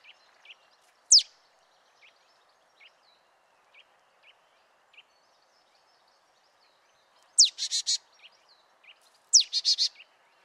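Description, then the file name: Marsh tit calling: a lone steep downslurred note, faint scattered chips, then two sequences of a falling note followed by rapid buzzy notes near the end. "Poecile palustris"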